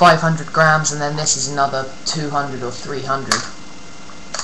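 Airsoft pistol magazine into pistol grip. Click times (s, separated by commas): 4.4 s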